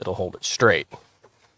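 A steel nail is being handled at the magnetic nose of an AEROPRO pneumatic palm nailer, where it is meant to be pushed in until it clicks so it is held straight. Someone talks through most of the clip, which then fades to faint low sounds. Nothing has seated or clicked yet.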